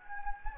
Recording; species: mosquito wingbeat signal from an infrared sensor; Anopheles gambiae